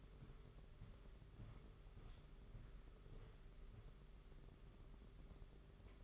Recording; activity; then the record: daily activity, microphone in the room; walk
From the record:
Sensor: 4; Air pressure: 991.5 hPa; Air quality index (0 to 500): 137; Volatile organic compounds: 56 ppm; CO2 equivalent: 3366 ppm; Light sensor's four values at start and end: 23/76/28/29 and 23/77/28/29